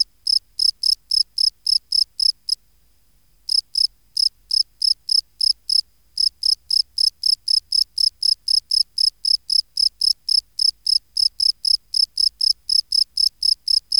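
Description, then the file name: Field cricket song of high, rapid chirps about four per second, broken by two short pauses of silence. "Gryllus campestris"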